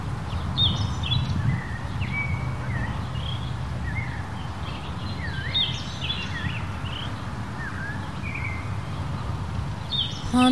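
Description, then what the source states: Birds calling in a mixed chorus of short chirps and dipping whistled notes, scattered throughout, over a steady low roar of wind. Countryside in Mexico, daytime, windy conditions.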